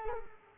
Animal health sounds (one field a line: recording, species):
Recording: mosquito wingbeat signal from an infrared sensor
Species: Culex quinquefasciatus